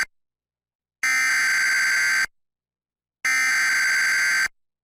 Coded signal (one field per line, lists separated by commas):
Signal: Emergency Alert System (SAME) tones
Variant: header bursts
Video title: Required Monthly Test & Severe Thunderstorm Warnings on TV! (EAS #687 - 696)